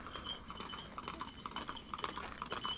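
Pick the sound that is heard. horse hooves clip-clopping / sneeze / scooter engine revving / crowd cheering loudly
horse hooves clip-clopping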